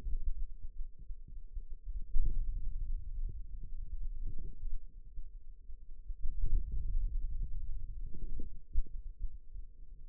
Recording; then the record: forearm muscle sounds (acoustic myography)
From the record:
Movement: hand opening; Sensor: system 2, bracelet of six BSWA MPA416 microphones around the upper forearm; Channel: 4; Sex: female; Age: 21 years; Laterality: right